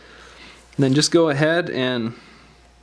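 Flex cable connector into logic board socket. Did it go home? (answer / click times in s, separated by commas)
no / none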